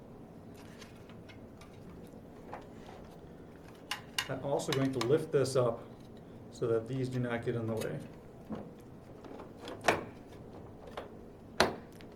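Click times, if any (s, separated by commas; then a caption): 11.6 s. Someone talks while lifting a part out of the way and then pushing a plastic part of an HDP5000 double hopper (089270) down into its printer slot, with small handling knocks along the way. One loud, sharp snap at 11.6 s marks the part snapping back into place, seated.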